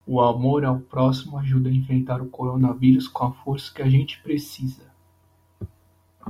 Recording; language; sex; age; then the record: spoken sentence; Brazilian Portuguese; male; 20 to 29 years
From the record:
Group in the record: control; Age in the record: 22 years